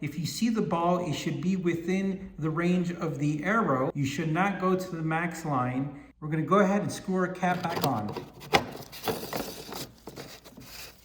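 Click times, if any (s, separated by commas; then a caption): none. Someone talks while the coolant level on a Porsche 911 (991) is checked, then the plastic coolant expansion tank cap is handled and screwed back onto the car's coolant reservoir. Sharp handling knocks and taps follow at about 8.6, 9.1, 9.7 and 10.1 seconds. The cap has not yet seated or clicked closed by the end.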